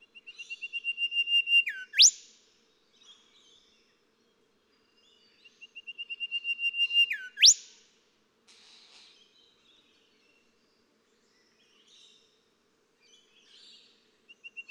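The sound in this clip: Golden whistler singing twice: a run of repeated whistled notes swelling in volume, finished by a dip and an explosive rising whip, then the start of a third phrase.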